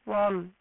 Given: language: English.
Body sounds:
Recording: throat vibration sensor signal played as sound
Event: speech

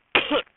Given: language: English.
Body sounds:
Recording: throat vibration sensor signal played as sound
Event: cough

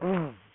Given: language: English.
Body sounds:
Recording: throat vibration sensor signal played as sound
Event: throat clearing

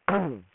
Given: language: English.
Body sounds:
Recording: throat vibration sensor signal played as sound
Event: throat clearing

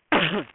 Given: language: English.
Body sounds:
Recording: throat vibration sensor signal played as sound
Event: cough

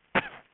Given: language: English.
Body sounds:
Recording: throat vibration sensor signal played as sound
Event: cough

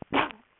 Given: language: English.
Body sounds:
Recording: throat vibration sensor signal played as sound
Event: cough

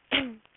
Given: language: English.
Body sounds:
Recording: throat vibration sensor signal played as sound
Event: cough

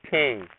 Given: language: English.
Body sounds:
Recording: throat vibration sensor signal played as sound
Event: speech

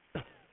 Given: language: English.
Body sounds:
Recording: throat vibration sensor signal played as sound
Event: cough

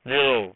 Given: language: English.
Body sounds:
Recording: throat vibration sensor signal played as sound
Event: speech

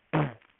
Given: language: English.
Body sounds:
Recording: throat vibration sensor signal played as sound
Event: throat clearing

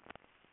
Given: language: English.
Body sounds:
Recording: throat vibration sensor signal played as sound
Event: swallow

